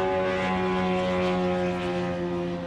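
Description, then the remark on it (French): A Shahed drone passes at very low altitude directly overhead in Dubai at 2 a.m., its propeller engine giving off a loud, steady, droning buzz with a strong harmonic whine that barely wavers throughout. No one speaks. “2h du matin, deux explosions sourdes près de l'aéroport, puis un premier drone Shahed qui passe à très basse altitude, juste au-dessus de nos têtes.”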